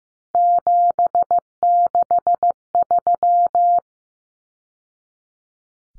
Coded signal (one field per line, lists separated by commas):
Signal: Morse code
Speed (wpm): 15 wpm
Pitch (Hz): 700 Hz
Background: none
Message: 763